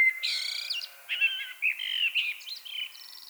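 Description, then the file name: Common blackbird song: a high, squeaky, strained twitter of rapid notes with short whistled slurs, continuing for the whole stretch. "Turdus merula"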